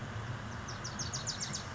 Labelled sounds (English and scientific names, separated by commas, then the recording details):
Wilson's Warbler (Cardellina pusilla)
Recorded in Sonoma County, California